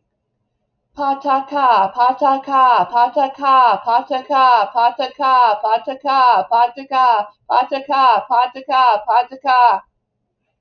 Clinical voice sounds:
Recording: repeated syllables /pa ta ka/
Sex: female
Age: 50 to 59 years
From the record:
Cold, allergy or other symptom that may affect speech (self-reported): no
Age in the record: 52 years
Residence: Wisconsin, United States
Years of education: 16

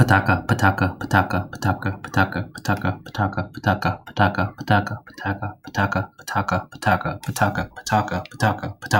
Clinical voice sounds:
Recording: repeated syllables /pa ta ka/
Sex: male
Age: 30 to 39 years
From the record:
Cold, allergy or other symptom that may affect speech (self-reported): no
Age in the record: 32 years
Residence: Maryland, United States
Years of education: 16

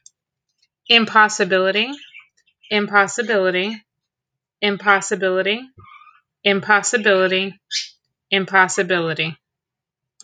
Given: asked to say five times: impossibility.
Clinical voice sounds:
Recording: repeated word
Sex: female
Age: 30 to 39 years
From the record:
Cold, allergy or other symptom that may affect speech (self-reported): no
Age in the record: 34 years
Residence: Pennsylvania, United States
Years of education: 14

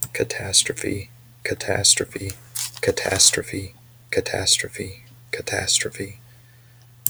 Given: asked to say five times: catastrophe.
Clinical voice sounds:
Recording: repeated word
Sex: male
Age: 30 to 39 years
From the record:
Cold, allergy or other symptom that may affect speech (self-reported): no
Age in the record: 33 years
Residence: Virginia, United States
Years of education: 16

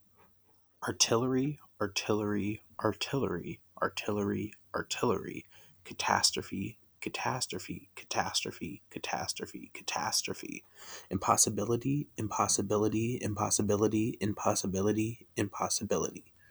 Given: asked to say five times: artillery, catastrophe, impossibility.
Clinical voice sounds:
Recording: three words, each repeated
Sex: male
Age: 20 to 29 years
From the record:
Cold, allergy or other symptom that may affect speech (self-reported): no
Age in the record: 28 years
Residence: Illinois, United States

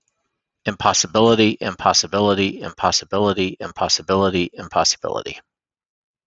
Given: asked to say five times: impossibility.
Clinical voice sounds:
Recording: repeated word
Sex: male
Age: 50 to 59 years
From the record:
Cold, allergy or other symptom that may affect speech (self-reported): no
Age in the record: 52 years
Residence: Nebraska, United States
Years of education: 16

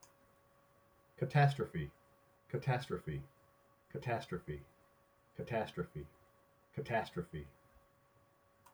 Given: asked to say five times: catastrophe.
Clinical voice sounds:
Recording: repeated word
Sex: male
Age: 50 to 59 years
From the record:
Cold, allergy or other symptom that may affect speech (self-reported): no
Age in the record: 55 years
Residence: New Hampshire, United States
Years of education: 16

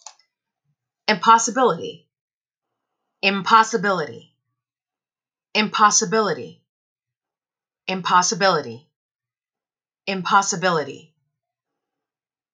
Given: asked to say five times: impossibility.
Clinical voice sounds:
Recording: repeated word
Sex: female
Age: 40 to 49 years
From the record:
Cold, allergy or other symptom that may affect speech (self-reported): no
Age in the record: 42 years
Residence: New York, United States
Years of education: 24

